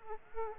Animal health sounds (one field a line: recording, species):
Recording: mosquito wingbeat signal from an infrared sensor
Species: Aedes aegypti